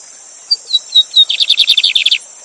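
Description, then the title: Lined seedeater singing four clear whistles that lead into a quick buzzy trill, with a continuous high-pitched hiss behind. Teacher bird singing the Gavião negro song style live beside a waterfall. "Novo Canto de Bigodinho. Bigode Gavião negro professor de canto cantando ao vivo com cascata!"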